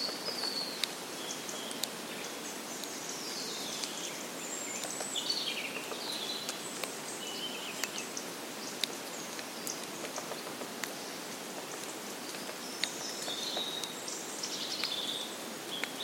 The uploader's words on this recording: Accompanied by the sound of a ticking clock, created by breaking the twigs of trees killed by climate change. A soundscape of ancient woodlands, recorded throughout the year. Accompanied by the sound of a ticking clock, created by breaking the twigs of trees.